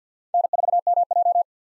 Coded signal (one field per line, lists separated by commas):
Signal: Morse code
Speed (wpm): 48 wpm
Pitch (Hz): 700 Hz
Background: none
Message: N4MJ